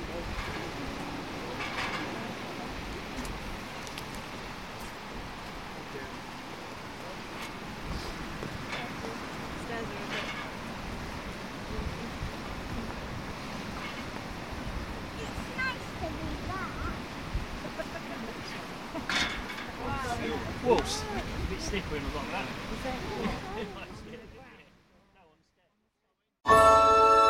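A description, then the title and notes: Riding the sea tractor across to the island, a steady low rumble and churning water run under a crowd of voices talking. Occasional louder splashes and clanks stand out near the end, then the sound cuts to silence before a brief loud burst. The short crossing to Burgh Island on the world famous sea tractor.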